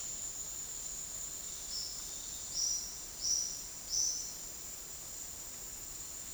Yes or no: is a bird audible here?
yes